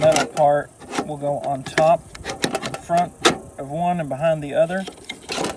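Someone talks while handling a replacement clock mechanism for an Intermatic pool timer, lining it up to be pressed back into the plastic timer housing so its metal part goes in front of one pin and behind the other. A few brief handling sounds occur near the end, but the mechanism has not yet snapped into place and nothing has seated.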